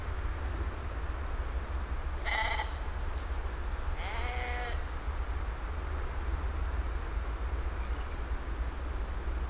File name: Sheep